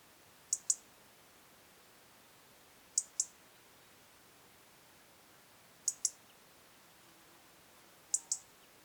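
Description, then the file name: European robin ticking: sharp doubled clicks, tic-tic, repeated about every two and a half seconds over a quiet hiss. "Erithacus rubecula"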